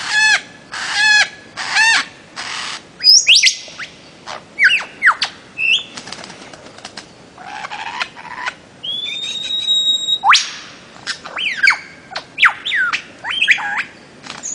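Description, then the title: Bird-of-paradise giving harsh repeated squawks, then varied whistles, one long steady whistled note, and sharp chirps. Master song recording made for training songbirds. "Kicau Master Cendrawasih"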